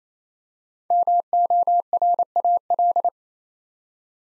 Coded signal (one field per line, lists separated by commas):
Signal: Morse code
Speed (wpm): 27 wpm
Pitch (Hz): 700 Hz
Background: none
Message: MORAL